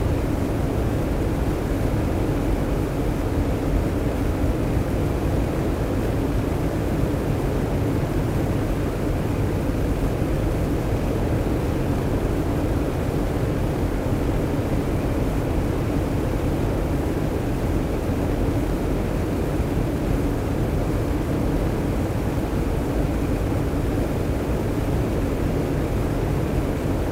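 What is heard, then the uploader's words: A space telescope undergoes acoustic testing inside a large test chamber, surrounded by an intense, unbroken roar. The noise is dense and heaviest in the low and middle range, with a softer hiss above, and holds a steady level for the whole stretch. ESA ESTEC Test Centre Sounds: CHEOPS space telescope acoustic testing (Mic 8). The majority of ESA spacecraft and satellites are tested at the ESA ESTEC Test Centre in Noordwijk, the Netherlands. This is the sound of ESA's CHEOPS - CHaracterising ExOPlanet Satellite - being tested in the Large European Acoustic Facility (LEAF).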